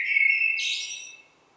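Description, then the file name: Eurasian blackbird: a steady whistled note that breaks into a harsher, wider screech before fading out. "Turdus merula"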